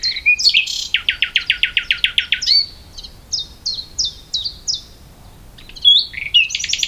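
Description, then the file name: Common nightingale song: a few varied notes, a fast chugging series, then spaced high notes, a brief pause and a sudden rapid phrase. "Luscinia megarhynchos"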